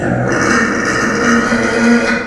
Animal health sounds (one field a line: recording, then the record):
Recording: squeal of a Yucatan mini pig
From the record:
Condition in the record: after surgery on the right vocal fold (resection and tissue-engineered implant)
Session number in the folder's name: 2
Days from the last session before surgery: 18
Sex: female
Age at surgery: 19 weeks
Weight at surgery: 25 kg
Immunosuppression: prednisolone